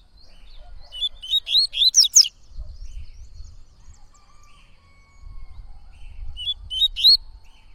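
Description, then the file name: Coleiro-baiano song: a rapid series of whistled notes building to high sharp ones, a pause, then a short new phrase begins. Singing a lot; tui-tui song style. "Coleiro Baiano Cantando Muito Canto Tui Tui"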